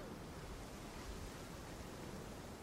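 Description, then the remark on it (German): A steady, hissing roar of big Atlantic Ocean waves, large Bay of Biscay breakers, dense and unbroken for the whole stretch, with no voices and no single crash standing out. “Die Wellen sind hier noch höher als in Biarritz. Hier kommen die ganz großen Biscaya-Brecher rein.”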